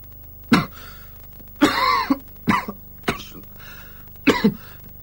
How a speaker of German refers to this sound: Sagen Sie, klang der Husten nicht seltsam? Hä? Es war doch wirklich ein menschliches Husten. Was wollen Sie? Es war ein menschliches Husten. Ja, was für ein Husten hätte es denn sein sollen?